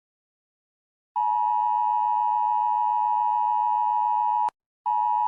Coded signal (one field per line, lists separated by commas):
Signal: Emergency Alert System (SAME) tones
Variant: 853 and 960 Hz attention tone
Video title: EAS Scenario - Void Creatures